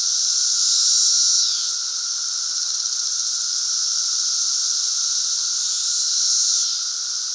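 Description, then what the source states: Periodical cicadas in full chorus: shrill continuous buzzing, loud surges at the start and end that drop away, and a constant lower hum beneath. Chorus in Central Illinois during the 2024 cicada super bloom.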